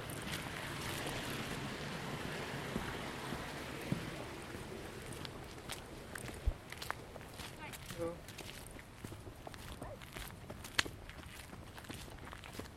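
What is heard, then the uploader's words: A walk in Ravenna Park, Seattle, with a steady low rumble and rushing wash filling the first half, easing after about six seconds. Footsteps and scattered clicks and knocks come through, a brief whistle-like tone near eight seconds, and a sharp tap near eleven. I took a walk in Ravenna Park, Seattle.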